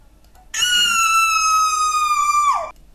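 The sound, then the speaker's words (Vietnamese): A phone ringtone sounds as one loud, bright electronic tone held at a steady high pitch for about two seconds, then sliding downward as it cuts off, with no voices. “Nhạc chuông làm cho Mã Mã đang ngủ gục trên bàn học ngồi bật dậy.”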